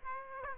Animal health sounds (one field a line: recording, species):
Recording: mosquito wingbeat signal from an infrared sensor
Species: Aedes aegypti